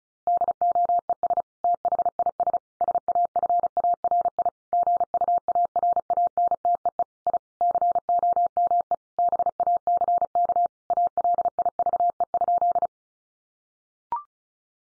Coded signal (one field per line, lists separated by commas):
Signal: Morse code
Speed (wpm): 34 wpm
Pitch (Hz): 700 Hz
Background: none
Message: DOES THIS SAFARI GUARANTEE I COME BACK ALIVE?